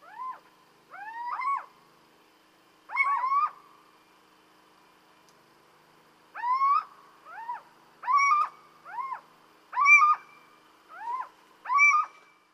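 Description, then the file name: Little owl giving loud, mewing kiew calls, each note rising then dropping, in irregular bursts of one or two about every one to four seconds; otherwise quiet. "Chouette cheveche"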